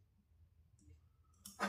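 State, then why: Not seated. A retaining clip is being handled onto a gearbox shaft during reassembly of a BMW G 310 GS / Apache 310 RR engine. Faint, quiet handling noises build to a louder burst of broadband scraping and rattling at the very end. Nothing has seated or clicked yet.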